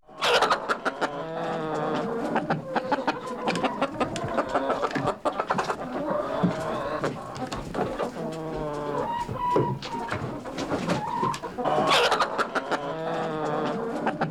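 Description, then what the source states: Chicken clucking continuously, short clucks and drawn-out calls, with frequent sharp clicks and tapping noises mixed in. Clucking while moving around.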